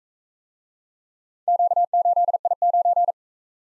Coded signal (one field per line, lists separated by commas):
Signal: Morse code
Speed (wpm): 40 wpm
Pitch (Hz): 700 Hz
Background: none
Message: Q8I9